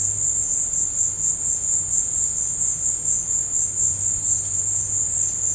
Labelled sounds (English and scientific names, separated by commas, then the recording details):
none
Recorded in dense forest near Puerto Asís, Putumayo, Colombia, on 26 December 2024 at 15:30
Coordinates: 0.468, -76.322
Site G071